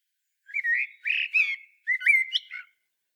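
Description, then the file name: Common blackbird song: two fluty whistled phrases with a short pause between, slurring up and down with some high thin notes. "Turdus merula"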